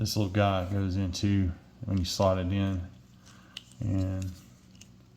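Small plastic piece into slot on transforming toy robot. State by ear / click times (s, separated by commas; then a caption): not seated / none. Someone talks while sliding a small plastic piece into its slot on a Hasbro Transformers Studio Series 88 Revenge of the Fallen Sideways, a transforming toy car robot, during transformation. A few faint, sharp plastic ticks are heard around 3.6 s and 4.8 s between the talking. Nothing has seated or clicked yet.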